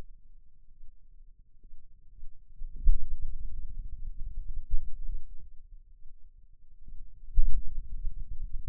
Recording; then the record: forearm muscle sounds (acoustic myography)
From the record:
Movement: pen grasping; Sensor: system 2, bracelet of six BSWA MPA416 microphones around the upper forearm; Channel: 1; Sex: male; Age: 22 years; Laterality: right